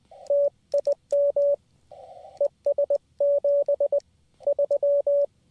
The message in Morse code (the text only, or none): TIME S 73